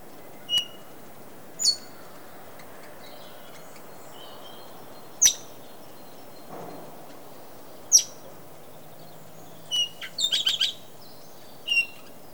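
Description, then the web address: Parrot calling with brief high chirps and squeaks, spaced irregularly, ending in a quick rattling burst of several notes, against a low background hum. "попугай"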